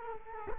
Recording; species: mosquito wingbeat signal from an infrared sensor; Culex quinquefasciatus